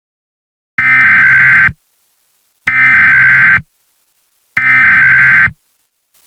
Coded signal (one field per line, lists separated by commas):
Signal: Emergency Alert System (SAME) tones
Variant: header bursts